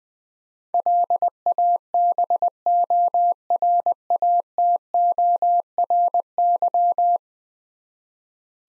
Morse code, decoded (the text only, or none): LABORATORY